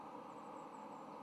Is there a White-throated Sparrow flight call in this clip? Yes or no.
no